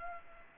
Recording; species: mosquito wingbeat signal from an infrared sensor; Culex pipiens